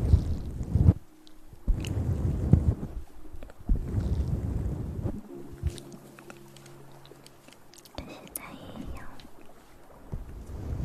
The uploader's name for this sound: Mouth Sounds